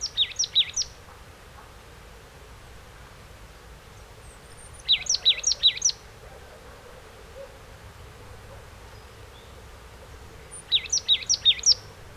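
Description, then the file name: Marsh tit calling in short bursts of three or four sharp, hooked high notes, each burst separated by roughly four to five seconds of quiet background hiss. "Poecile palustris"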